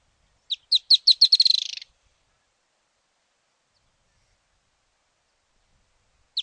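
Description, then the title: Firewood-gatherer giving a quick series of high notes that accelerates into a fast rattling trill, then silence, with one more note starting at the very end. "LuckyPassaro Completos2Sama. Firewood-gatherer (Anumbius annumbi)"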